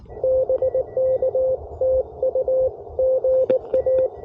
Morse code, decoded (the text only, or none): BK TU GA